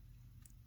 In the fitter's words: you can hear a snap sound so those kind of go in from what they say